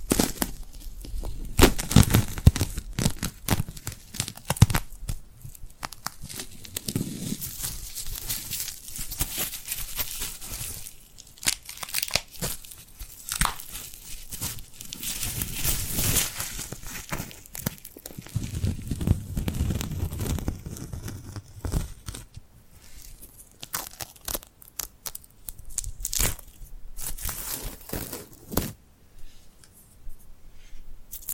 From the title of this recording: ASMR Tingly Glued Hand Sounds